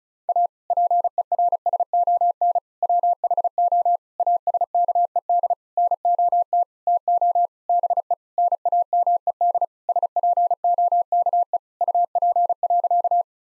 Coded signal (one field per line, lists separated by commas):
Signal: Morse code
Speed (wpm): 34 wpm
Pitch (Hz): 700 Hz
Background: none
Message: A PERSON WHO ASKED NOT TO BE NAMED SPOKE UP.